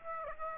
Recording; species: mosquito wingbeat signal from an infrared sensor; Aedes aegypti